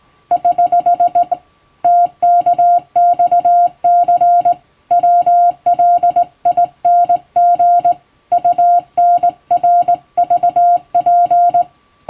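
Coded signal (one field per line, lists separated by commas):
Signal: Morse code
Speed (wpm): 19 wpm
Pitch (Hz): 700 Hz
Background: music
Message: <HH> TKXC WLING UNRVP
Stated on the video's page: Hand-keyed Morse practice with a telegraph key, international code sent in telegram format by a first-class radiotelegraph operator.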